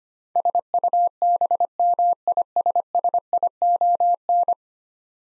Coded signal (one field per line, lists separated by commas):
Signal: Morse code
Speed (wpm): 25 wpm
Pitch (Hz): 700 Hz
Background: none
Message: SUBMISSION